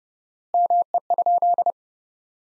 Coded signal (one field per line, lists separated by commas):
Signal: Morse code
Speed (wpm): 30 wpm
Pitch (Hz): 700 Hz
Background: none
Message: ME?